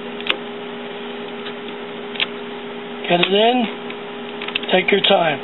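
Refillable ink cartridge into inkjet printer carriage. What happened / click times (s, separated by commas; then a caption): The ink cartridge clicked into place / 0.3 s. A refillable continuous-ink-supply cartridge for a Canon PIXMA iX6820 inkjet printer is set front first at an angle into the printer carriage, then pushed down at the back. It clicks into place at 0.3 s, and the cartridge is seated. Someone talks over a steady hum.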